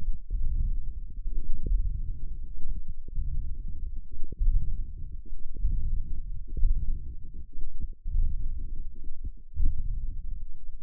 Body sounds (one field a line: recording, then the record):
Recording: forearm muscle sounds (acoustic myography)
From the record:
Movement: ulnar deviation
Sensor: system 1, eight BSWA MPA416 microphones around the upper forearm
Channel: 8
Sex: male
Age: 42 years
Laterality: right